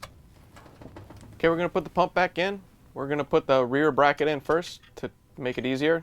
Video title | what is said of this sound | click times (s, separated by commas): How To: Whirlpool/KitchenAid/Maytag Sound Dampening Ring WP63134 | and then making sure that it locks into place. | 0.0 s